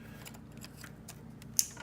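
During alternator replacement on a 2006 Scion, a wire harness that was moved aside for easier access is clipped back onto its engine bay mount. Over a low steady hum with a few faint ticks, a sharp, loud, bright snap rings out at 1.6 s as the retaining clip seats.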